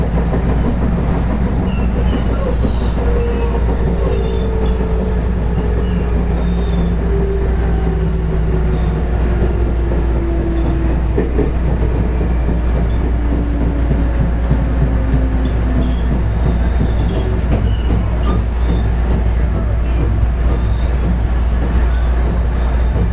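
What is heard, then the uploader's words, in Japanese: Running sound of a 221 series electric train: a steady, dense rumble and clatter with a strong low drone throughout. A motor whine rises and falls in pitch around the middle, and faint squeals and rattles come and go over the continuous roar. JR西日本の221系電車の走行音です。環状線外回り 大阪から天王寺までです。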